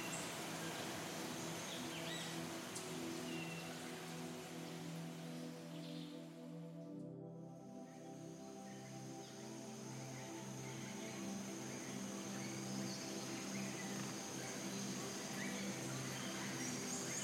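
A steady rainforest ambience with a soft, continuous hiss of water or wind and faint scattered bird calls. Low sustained musical tones hum underneath throughout, and the bright hiss briefly drops away around seven seconds before returning.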